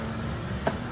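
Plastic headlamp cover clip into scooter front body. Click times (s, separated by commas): 0.7 s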